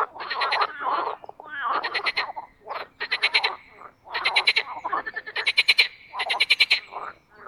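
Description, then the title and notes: Marsh frogs calling in a chorus of rapid, rattling croak bursts, each burst a quick series of pulses lasting around half a second to a second. Spring mating chorus in an artificial pond made for water activities at Parc Chédeville, Oise; cold previous night. "au Parc Chédeville dans l'Oise. des grenouilles rieuses"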